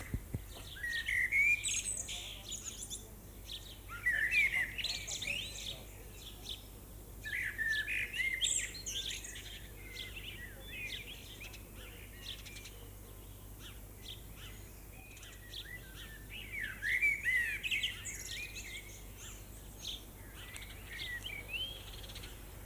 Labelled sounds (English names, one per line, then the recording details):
Common Blackbird song
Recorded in the wild
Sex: male
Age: adult
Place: Lübars, Berlin, DE
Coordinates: 52.6167, 13.35
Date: 2004-05-10 18:58
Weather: overcast, 19°C
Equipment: Sony WM-D6C, Sennheiser ME 80, Kopie Uher 4000 Report Monitor
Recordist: Tembrock, Günter